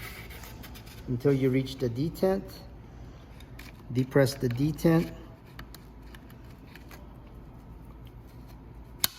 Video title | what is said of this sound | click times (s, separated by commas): iQ228CYCLONE: Rolling Table Gliding Strip | and there you go. You hear the little click, it snapped into place, | 9.0 s